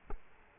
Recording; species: mosquito wingbeat signal from an infrared sensor; Culex quinquefasciatus